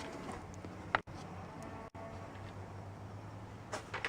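A plastic retaining clip that fell out at the top of a tail light is pressed back into its mounting hole, with a sharp click at 0.9 s showing it has seated. A steady low hum runs underneath, broken by two brief silent gaps, and another short tap comes near the end at about 4.0 s.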